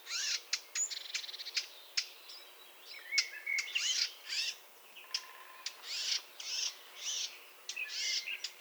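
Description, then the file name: Eurasian blackcap giving a rapid series of short, sharp high ticks and chirps, with brief whistled notes and scratchy phrases mixed in, steady throughout. "Sylvia atricapilla"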